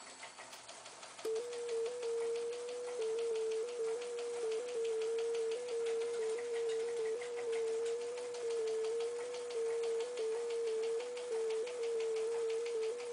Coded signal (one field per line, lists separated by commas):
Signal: FT8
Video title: FT897 QSO FT8 20m 5w - WA to AZ - N7JFP